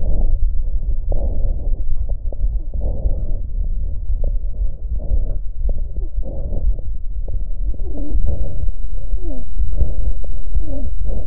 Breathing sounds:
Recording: lung sounds by stethoscope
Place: right posterior upper chest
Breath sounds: expiratory wheeze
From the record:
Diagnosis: asthma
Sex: female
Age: 43 years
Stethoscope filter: extended mode, 50 to 500 Hz

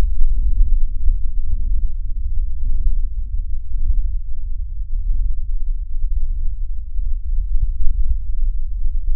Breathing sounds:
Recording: lung sounds by stethoscope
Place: right posterior middle chest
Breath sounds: normal breath sounds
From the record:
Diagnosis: none (healthy)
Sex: male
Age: 75 years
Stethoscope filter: bell mode, 20 to 200 Hz

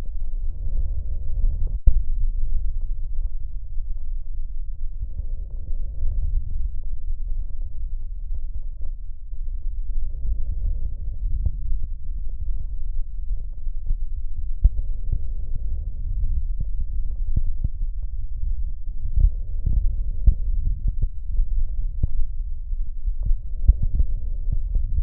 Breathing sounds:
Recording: lung sounds by stethoscope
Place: right posterior middle chest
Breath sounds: normal breath sounds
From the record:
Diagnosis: none (healthy)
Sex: male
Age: 74 years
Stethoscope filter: extended mode, 50 to 500 Hz

